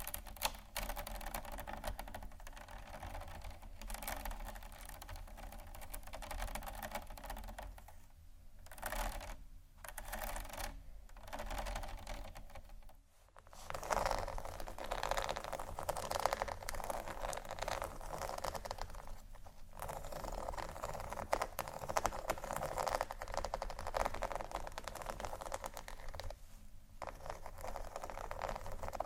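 Scratching triggers: a dense, continuous run of fast, dry scratches and taps with a clicky, typing-like texture. Brief pauses break it near 8, 10, 13 and 27 seconds, and it grows brighter and fuller after about 14 seconds, with a low hum beneath.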